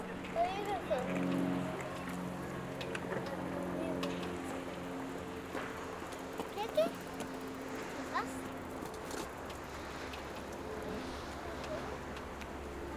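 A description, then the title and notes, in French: A walk through a Belgian soundscape, with people talking over a steady low hum from passing traffic or an engine. Voices are densest in the first few seconds, then thin out into scattered remarks, with a few brief sharp clicks and knocks around six to nine seconds. C’est une marche traversant des espaces sonores Belges. La vie se déroule et chante, trépigne, longe des canaux, frappe et martèle le sol. Il y a de grands espaces, des tours, des rivières, mais aussi des pièces fermées, des chambres et des escaliers qui communiquent avec le dehors.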